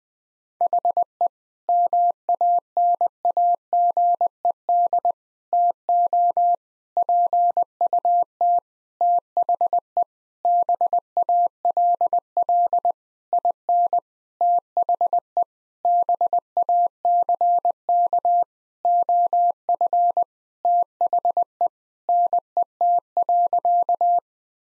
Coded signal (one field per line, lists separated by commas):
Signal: Morse code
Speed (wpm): 21 wpm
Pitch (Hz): 700 Hz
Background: none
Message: HE MANAGED TO PUT THE BALL IN THE BACK OF THE NET.